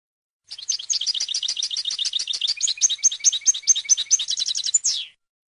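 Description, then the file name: European goldfinch song, a rapid continuous chatter of liquid tinkling notes lasting about four and a half seconds, closing with a descending slurred note. "audio burung goldfinch"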